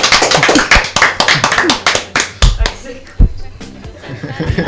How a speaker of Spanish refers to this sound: Un aplauso, por favor. Este programa ha sido explosivo. ¡Bravo!